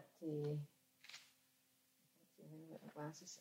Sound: flicking through book

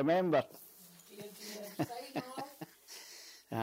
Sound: laughs

